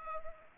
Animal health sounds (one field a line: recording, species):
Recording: mosquito wingbeat signal from an infrared sensor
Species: Culex pipiens